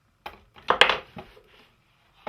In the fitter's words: together so always make sure when you put see I had this underneath all right nice click